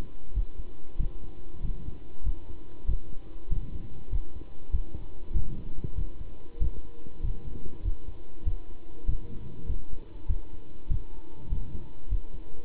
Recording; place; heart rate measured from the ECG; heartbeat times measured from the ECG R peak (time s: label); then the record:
heart sounds by stethoscope; between the tricuspid and mitral areas; 97 bpm
0.35 s: heartbeat
0.99 s: heartbeat
1.63 s: heartbeat
2.25 s: heartbeat
2.88 s: heartbeat
3.51 s: heartbeat
4.11 s: heartbeat
4.73 s: heartbeat
5.35 s: heartbeat
5.97 s: heartbeat
6.61 s: heartbeat
7.23 s: heartbeat
7.84 s: heartbeat
8.46 s: heartbeat
9.08 s: heartbeat
9.68 s: heartbeat
10.29 s: heartbeat
10.90 s: heartbeat
11.51 s: heartbeat
12.10 s: heartbeat
From the record:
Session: pedaling a stationary bicycle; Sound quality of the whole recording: good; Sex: male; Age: 27 years